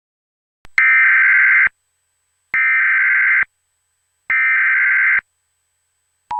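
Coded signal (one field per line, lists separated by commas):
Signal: Emergency Alert System (SAME) tones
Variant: header bursts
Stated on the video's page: EAS alert tones in a fictional Krampus-themed scenario, not a real broadcast.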